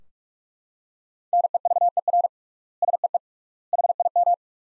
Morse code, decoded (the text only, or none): NEVER SEE HIM